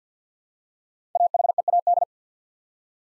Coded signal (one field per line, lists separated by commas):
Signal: Morse code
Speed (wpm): 50 wpm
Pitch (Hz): 700 Hz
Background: none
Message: AHEAD